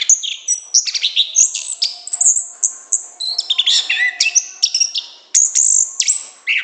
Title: Anis Kembang Gacor Ngeplong Istimewa Suara Burung